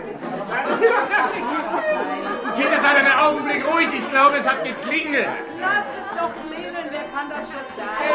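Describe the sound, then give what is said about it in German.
A short, high, bright ring like a doorbell sounds once for about a second, partly masked by lively overlapping chatter and voices of a crowd that continue throughout. “Ich glaube, es hat geklingelt.”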